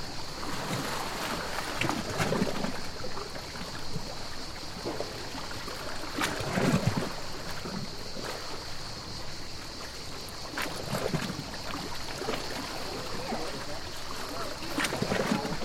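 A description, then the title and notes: Cicadas drone in an unbroken, high, shrill whine over the whole clip while small waves wash ashore. The waves break softly every two to four seconds, each a brief splash that hisses back, over a constant rustling water background. Cicadas and waves: Ste Marguerite by champignonsdesbois.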